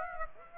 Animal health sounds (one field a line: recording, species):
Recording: mosquito wingbeat signal from an infrared sensor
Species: Aedes aegypti